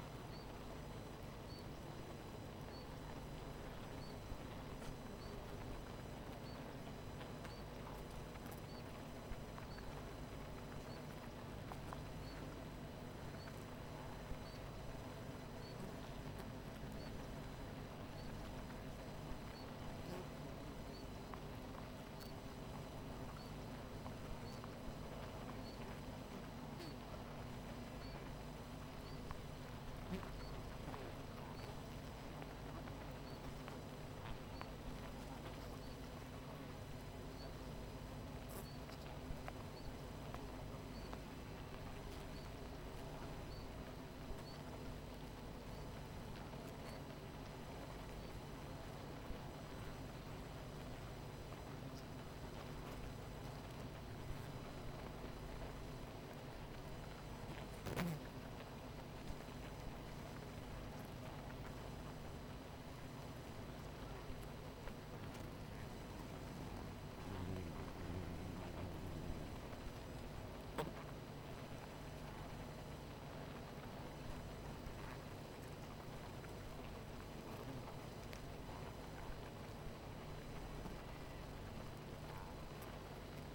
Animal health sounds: honeybee colony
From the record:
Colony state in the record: missing queen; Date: 14 July 2017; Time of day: 18:55

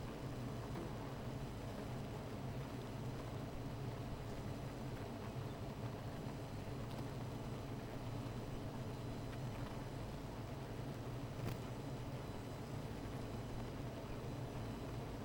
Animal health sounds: honeybee colony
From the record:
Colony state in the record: missing queen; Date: 14 July 2017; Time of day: 16:22

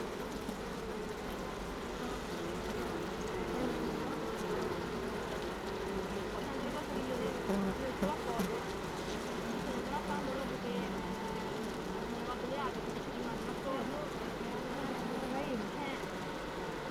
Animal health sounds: honeybee colony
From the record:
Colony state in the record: missing queen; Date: 31 May 2018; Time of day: 16:08

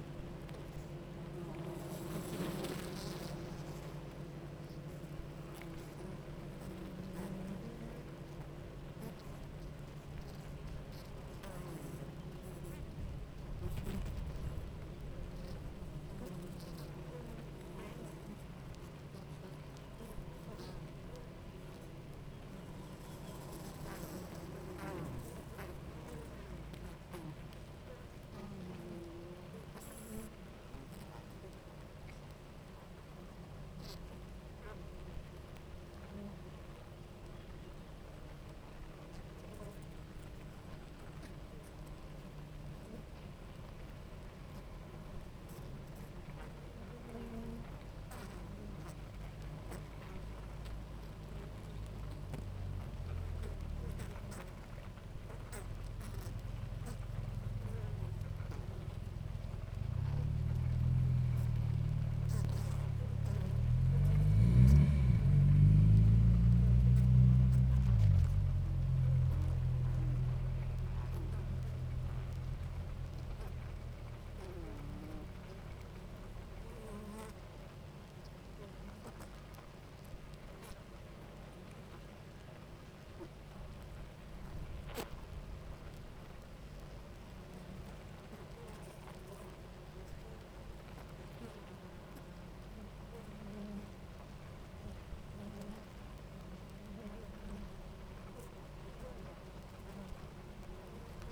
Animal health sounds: honeybee colony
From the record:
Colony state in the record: active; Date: 28 July 2017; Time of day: 10:07

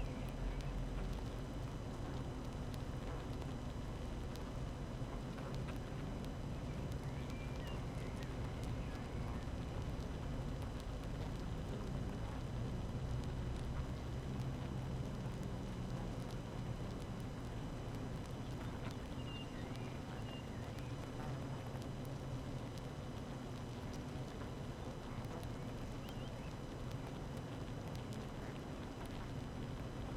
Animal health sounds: honeybee colony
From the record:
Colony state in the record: active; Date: 12 June 2018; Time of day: 7:17

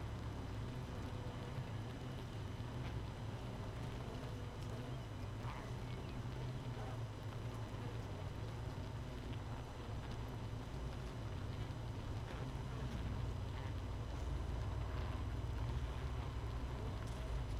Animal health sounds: honeybee colony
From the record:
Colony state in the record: missing queen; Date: 31 May 2018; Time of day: 5:21

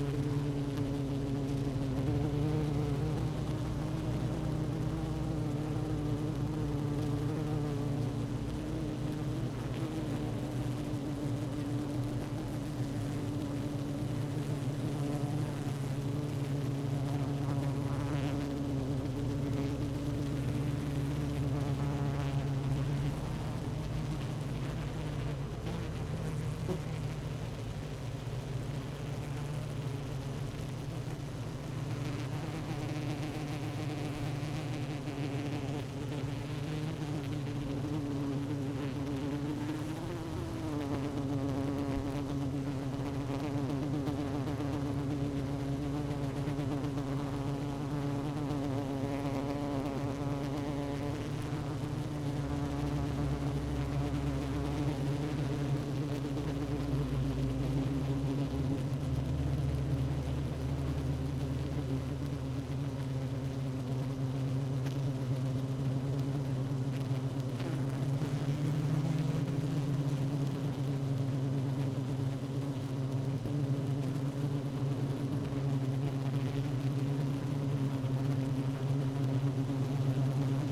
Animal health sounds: honeybee colony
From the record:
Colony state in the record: active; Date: 12 June 2018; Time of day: 16:54

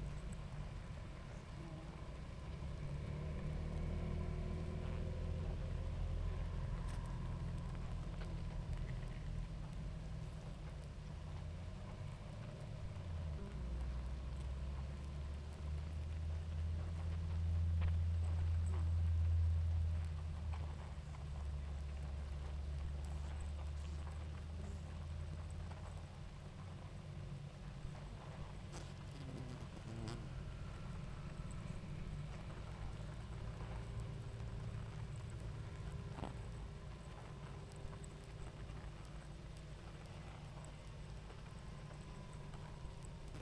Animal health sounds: honeybee colony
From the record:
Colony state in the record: active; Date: 28 July 2017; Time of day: 19:07

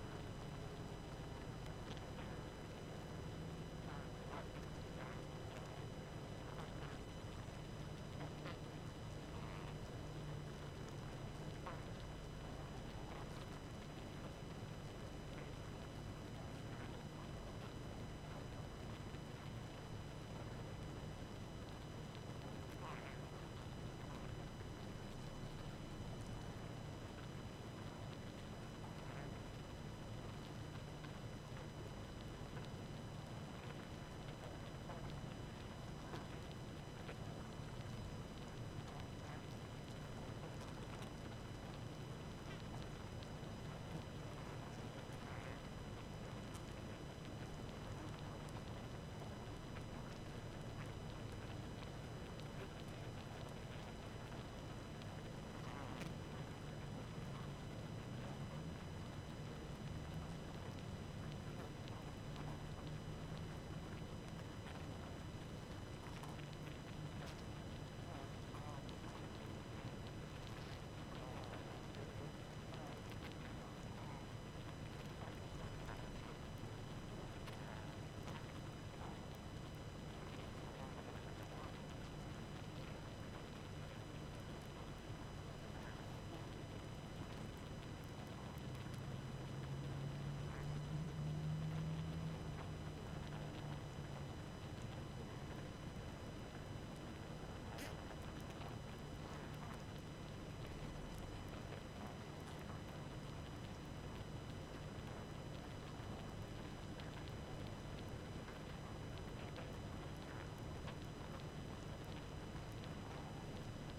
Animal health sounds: honeybee colony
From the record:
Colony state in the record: active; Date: 12 June 2018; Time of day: 22:58

